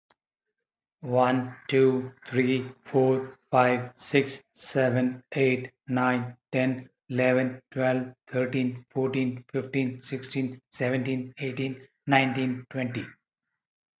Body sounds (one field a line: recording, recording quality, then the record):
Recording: counting at a fast pace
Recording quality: excellent, no background noise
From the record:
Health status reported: healthy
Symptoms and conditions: diabetes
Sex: male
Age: 54 years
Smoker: not ticked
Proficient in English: yes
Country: India